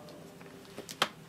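An interchangeable lens is released from a camera body mount by pressing the release button and twisting the lens off. Faint ticks come at about 0.4 s and 0.9 s, then a sharp, loud click at 1.0 s as the lens unlocks from the mount.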